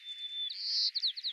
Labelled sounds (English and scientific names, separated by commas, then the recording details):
White-crowned Sparrow (Zonotrichia leucophrys) song
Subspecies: nuttalli
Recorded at Lands End, California, in 2013
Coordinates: 37.779, -122.513
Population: north
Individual leA_13